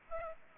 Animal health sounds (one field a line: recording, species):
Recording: mosquito wingbeat signal from an infrared sensor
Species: Aedes aegypti